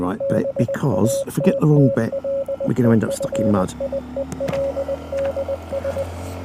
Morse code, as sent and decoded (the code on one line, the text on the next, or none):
-... .- - - .-.. . ..-. .. . .-.. -.. ...
BATTLEFIELDS